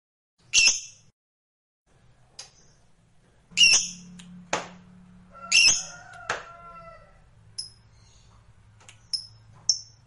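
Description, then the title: Lovebird calls: sharp, high squawks and shrill chirps at irregular intervals, with a faint low hum underneath. Meant to stimulate a lazy lovebird into singing. "LOVEBIRD Malas Bunyi JADI GREGET SPONTAN Langsung NARIK"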